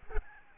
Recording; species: mosquito wingbeat signal from an infrared sensor; Aedes albopictus